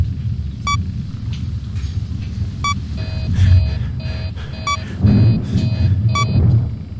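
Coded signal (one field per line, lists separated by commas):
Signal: none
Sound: game's warning beeps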